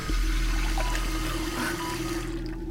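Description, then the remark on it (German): Water pours steadily into a glass in a sick bay for a few seconds, a continuous splashing trickle over a low, constant background hum, with no one speaking. “kannst du bitte mal ein Glas Wasser holen?”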